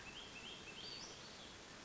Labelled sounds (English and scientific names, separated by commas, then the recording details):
Western Flycatcher (Empidonax difficilis)
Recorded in Sonoma County, California